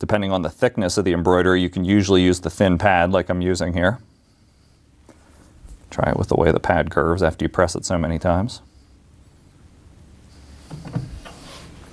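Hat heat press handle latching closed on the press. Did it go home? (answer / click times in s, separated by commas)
no / none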